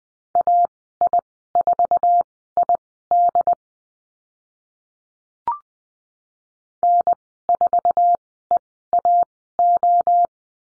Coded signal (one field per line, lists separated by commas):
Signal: Morse code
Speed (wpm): 20 wpm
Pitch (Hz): 700 Hz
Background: none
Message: AI4ID N4EAO